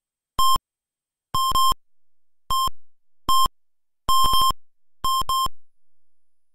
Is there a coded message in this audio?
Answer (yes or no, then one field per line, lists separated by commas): no